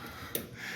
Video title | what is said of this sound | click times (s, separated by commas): Do Gorilla Basement Wall Braces work? | you just take it and you hear the click. Great. | 0.3 s